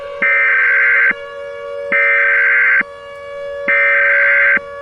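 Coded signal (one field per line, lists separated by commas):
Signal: Emergency Alert System (SAME) tones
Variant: header bursts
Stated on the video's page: Simulated EAS mock using valid SAME tones.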